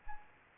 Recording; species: mosquito wingbeat signal from an infrared sensor; Anopheles arabiensis